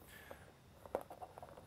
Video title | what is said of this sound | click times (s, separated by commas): Chris assembles a Rigid Industries Dually LED Spot Light | it'll slide in nice and tight you'll hear a little snap which means it's in place nice and snugly | 0.9 s